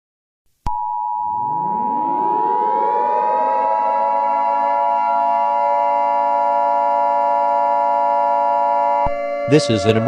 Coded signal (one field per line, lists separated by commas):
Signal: Emergency Alert System (SAME) tones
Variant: 853 and 960 Hz attention tone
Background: speech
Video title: eas scenario catemojibabyheat part 12